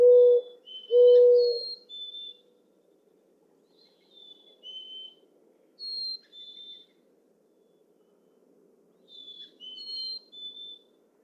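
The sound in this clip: Mourning dove giving two low, mellow coos at the start, then quiet; short high whistled notes from another bird come and go through the rest.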